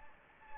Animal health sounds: mosquito wingbeat signal from an infrared sensor; Anopheles gambiae

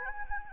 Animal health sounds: mosquito wingbeat signal from an infrared sensor; Anopheles gambiae

